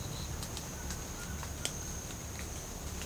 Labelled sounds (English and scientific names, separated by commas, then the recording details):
none
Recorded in secondary vegetation near Puerto Asís, Putumayo, Colombia, on 22 December 2024 at 07:00
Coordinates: 0.499, -76.323
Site G010